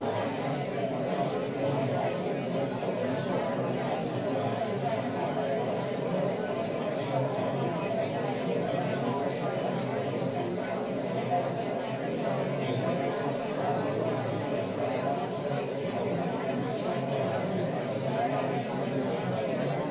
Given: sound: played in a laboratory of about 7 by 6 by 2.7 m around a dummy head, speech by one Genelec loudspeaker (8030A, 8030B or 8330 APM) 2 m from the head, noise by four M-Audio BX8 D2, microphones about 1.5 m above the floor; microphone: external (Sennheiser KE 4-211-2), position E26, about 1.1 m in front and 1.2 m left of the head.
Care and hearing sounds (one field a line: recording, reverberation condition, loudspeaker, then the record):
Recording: babble noise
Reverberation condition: low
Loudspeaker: four, about 170 cm from the corners of the room and facing them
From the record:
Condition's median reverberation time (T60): about 310 ms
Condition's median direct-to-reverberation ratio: about 3.5 dB